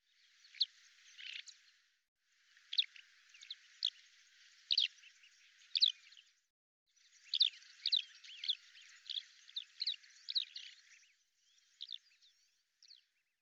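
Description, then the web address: Bird calling with bursts of high, scratchy chirps and sharp clicks, grouped in short phrases separated by silent gaps, fading to a few faint notes at the end. "Deverinetal 2025 File cleaned normalized Bird Al Ar"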